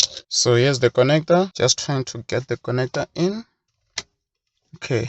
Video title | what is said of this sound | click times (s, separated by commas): Instrument Cluster Upgrade, WILL IT WORK? - VW Golf/Jetta Mk5 | as you heard it it clicked to show that it's in | 4.0 s